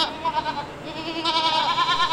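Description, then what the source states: Goat bleating: a wavering, quavering harmonic bleat. Goats seized in a neglect case, kept at a stable at York Correctional Institute in Niantic; new babies born there; 23 goats remain, now back to health.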